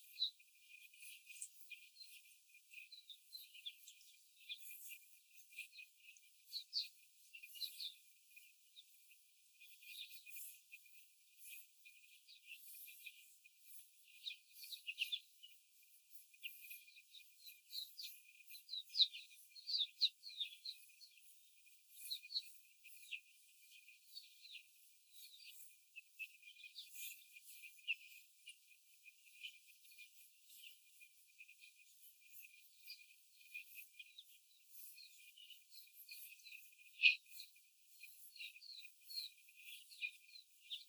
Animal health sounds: young laying hens in a cage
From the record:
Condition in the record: before the stressor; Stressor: simulated dog barking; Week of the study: 4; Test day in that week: 1

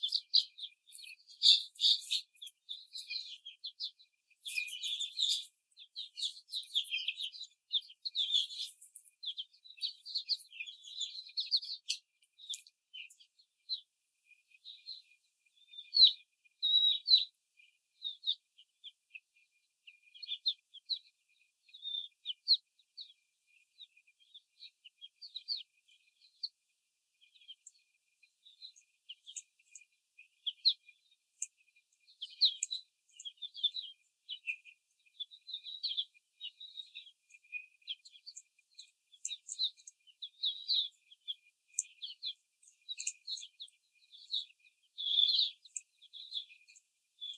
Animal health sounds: young laying hens in a cage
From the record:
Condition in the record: before the stressor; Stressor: simulated dog barking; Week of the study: 4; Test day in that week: 3

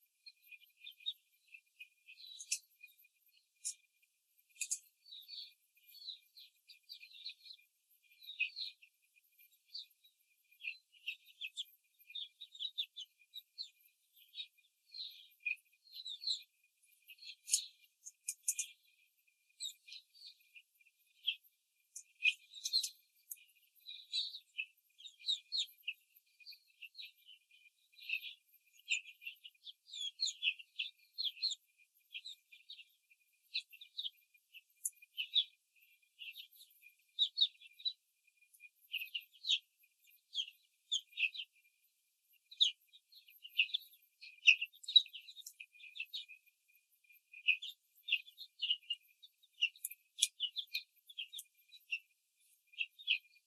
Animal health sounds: young laying hens in a cage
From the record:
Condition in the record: control cage, after the stress test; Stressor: none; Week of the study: 4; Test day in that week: 3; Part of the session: 1

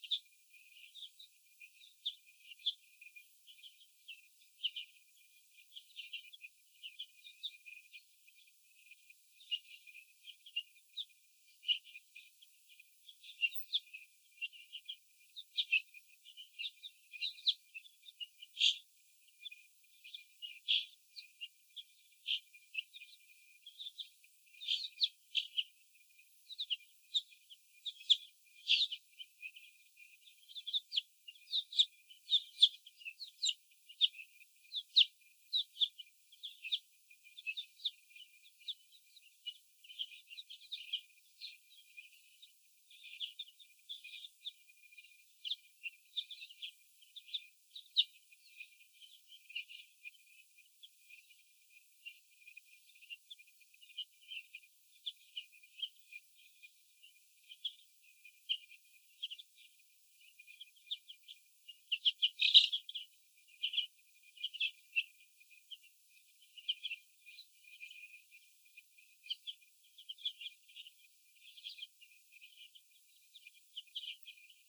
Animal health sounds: young laying hens in a cage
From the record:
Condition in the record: after the stressor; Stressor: sudden umbrella opening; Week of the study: 2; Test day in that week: 1

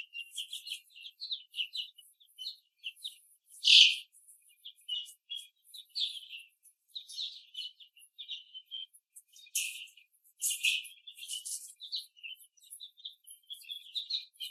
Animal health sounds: young laying hens in a cage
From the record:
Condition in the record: before the stressor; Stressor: simulated dog barking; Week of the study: 3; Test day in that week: 1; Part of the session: 2

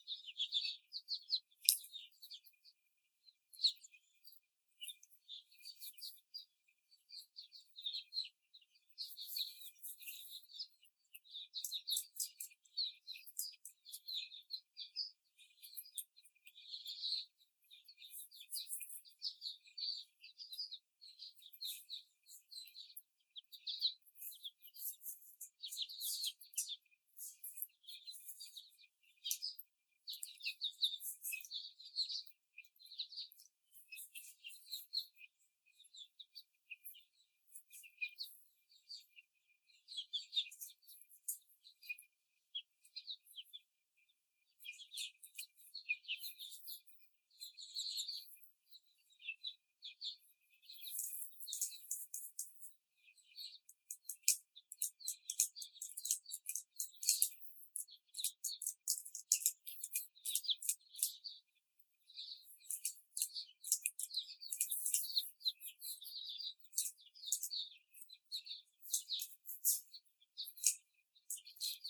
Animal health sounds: young laying hens in a cage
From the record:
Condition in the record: before the stressor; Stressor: simulated dog barking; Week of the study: 4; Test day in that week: 2

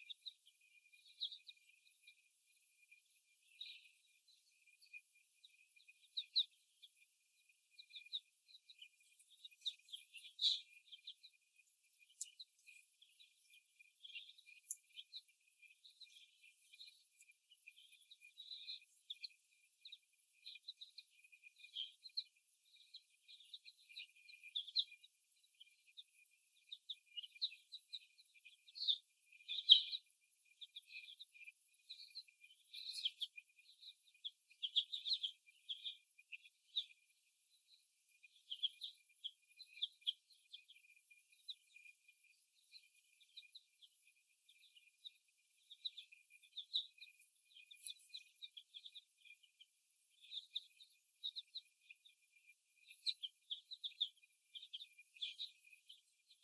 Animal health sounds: young laying hens in a cage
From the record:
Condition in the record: after the stressor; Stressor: simulated dog barking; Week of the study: 1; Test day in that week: 1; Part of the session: 3

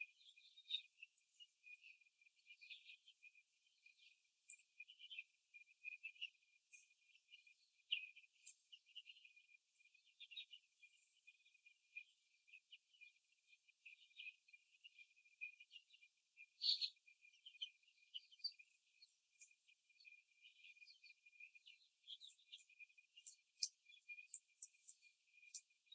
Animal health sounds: young laying hens in a cage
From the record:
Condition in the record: before the stressor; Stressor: simulated dog barking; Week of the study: 3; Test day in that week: 2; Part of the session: 2

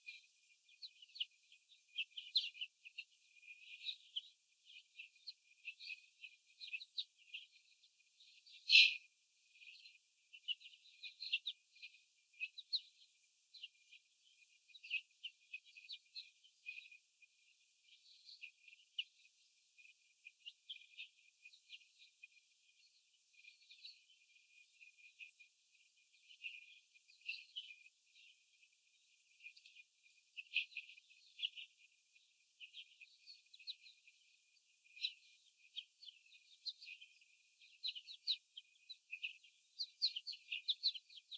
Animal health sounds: young laying hens in a cage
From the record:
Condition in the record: after the stressor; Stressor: sudden umbrella opening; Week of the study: 3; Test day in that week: 2

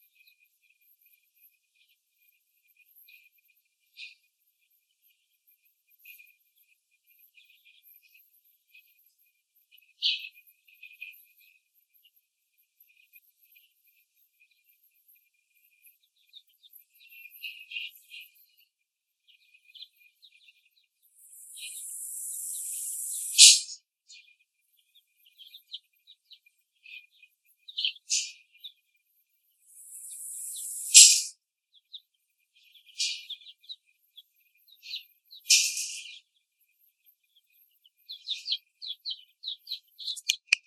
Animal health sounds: young laying hens in a cage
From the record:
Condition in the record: after the stressor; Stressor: simulated dog barking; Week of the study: 1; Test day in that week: 2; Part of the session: 4

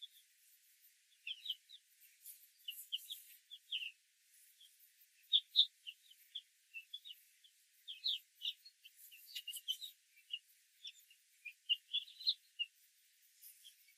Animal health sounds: young laying hens in a cage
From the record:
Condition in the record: control cage, after the stress test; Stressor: none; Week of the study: 4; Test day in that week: 1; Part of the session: 1

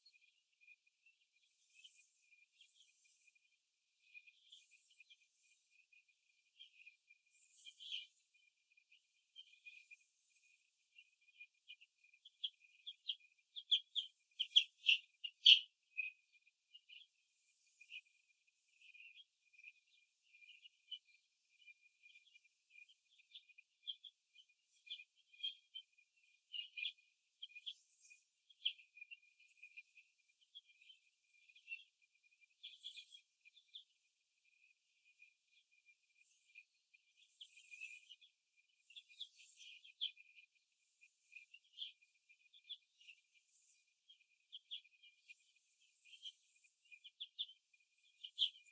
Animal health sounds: young laying hens in a cage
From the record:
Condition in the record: after the stressor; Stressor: simulated dog barking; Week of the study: 2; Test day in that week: 2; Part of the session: 2

